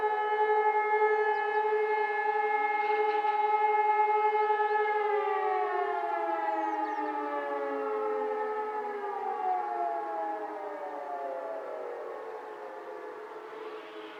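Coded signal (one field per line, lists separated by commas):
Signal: siren signal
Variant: German Feueralarm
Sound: loud steady siren tone from several sirens, then slowly falling in pitch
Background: outdoor ambience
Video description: Monatlicher Probealarm der Feuerwehrsirenen in Bornheim am 26. Februar 2022 um 11 Uhr mit dem Signal "Feueralarm".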